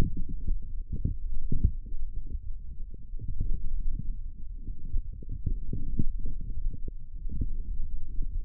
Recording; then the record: forearm muscle sounds (acoustic myography)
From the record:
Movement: forearm pronation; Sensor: system 1, eight BSWA MPA416 microphones around the upper forearm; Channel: 8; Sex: male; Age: 18 years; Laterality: right